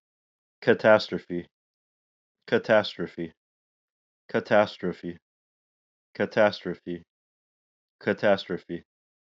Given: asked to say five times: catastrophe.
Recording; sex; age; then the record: repeated word; male; 30 to 39 years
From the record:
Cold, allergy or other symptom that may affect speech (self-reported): no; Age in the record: 36 years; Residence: New York, United States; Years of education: 14